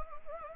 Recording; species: mosquito wingbeat signal from an infrared sensor; Anopheles arabiensis